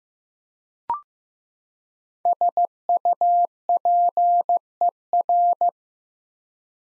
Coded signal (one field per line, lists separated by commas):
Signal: Morse code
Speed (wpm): 15 wpm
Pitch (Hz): 700 Hz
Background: none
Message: SUPER